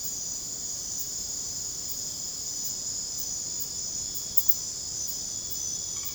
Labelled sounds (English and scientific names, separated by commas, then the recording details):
none
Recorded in secondary vegetation near Puerto Asís, Putumayo, Colombia, on 21 December 2024 at 21:00
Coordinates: 0.489, -76.322
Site G059